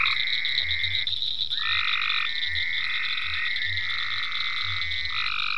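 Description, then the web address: Dense frog chorus with drawn-out trilled calls alternating among several frogs, low grunting croaks repeated beneath them. Frogs in ponds at Venaura farm, recorded 27 May 2010. "ecolandtech venaurafarm frogs-in-ponds 5-27-010-Frogs"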